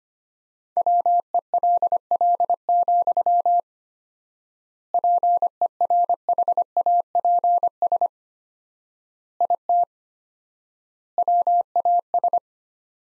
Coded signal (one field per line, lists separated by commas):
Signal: Morse code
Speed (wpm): 25 wpm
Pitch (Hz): 700 Hz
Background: none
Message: WELL, PERHAPS IT WAS